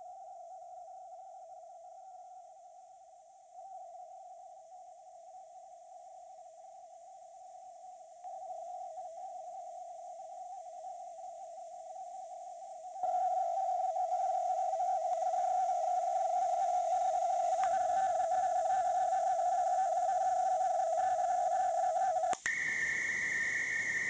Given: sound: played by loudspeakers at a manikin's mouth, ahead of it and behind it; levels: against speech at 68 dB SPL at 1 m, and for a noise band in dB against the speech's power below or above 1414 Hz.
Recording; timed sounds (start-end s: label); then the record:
test signals for a remote microphone
0.00-3.54 s: noise band at 707 Hz, -10 dB
3.54-8.24 s: noise band at 707 Hz, -5 dB
8.24-12.94 s: noise band at 707 Hz, 0 dB
12.94-17.63 s: noise band at 707 Hz, +5 dB
17.63-22.33 s: noise band at 707 Hz, +10 dB
22.46-24.10 s: noise band at 2000 Hz, +10 dB
From the record:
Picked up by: remote microphone D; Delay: 24 ms